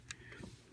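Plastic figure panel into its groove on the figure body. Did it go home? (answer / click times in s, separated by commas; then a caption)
no / none. A plastic transforming-figure panel is pressed toward its groove on the figure body, giving two short, bright plastic ticks near 0.1 and 0.7 seconds over a low background hum. The panel sits in place but has not pegged or locked into the groove, and it can pop loose because of a small tolerance issue.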